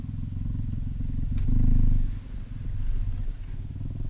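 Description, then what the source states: Cheetah purr, a low, pulsing, continuous rumble that swells louder midway and then eases, with one brief sharp click early on. Tame cheetah, lying in a bed.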